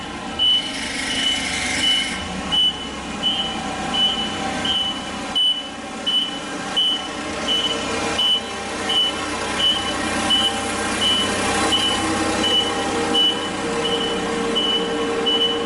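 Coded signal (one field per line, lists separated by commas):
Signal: alarm pattern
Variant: vehicle reversing alarm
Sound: steady repeating high beeps about once per 0.7 seconds over a rattling truck engine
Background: truck engine rattle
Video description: Truck reversing past with Beep Beep, back up alarm or reverse buzzer or beeper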